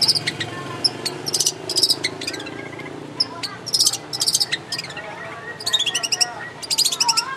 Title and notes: Masteran Burung Cendet